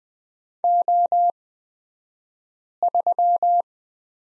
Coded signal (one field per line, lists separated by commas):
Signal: Morse code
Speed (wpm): 20 wpm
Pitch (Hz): 700 Hz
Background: none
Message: O3